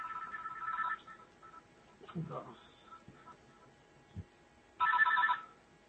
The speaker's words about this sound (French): Pardon, chauffeur, téléphone, là, je vais l'arrêter.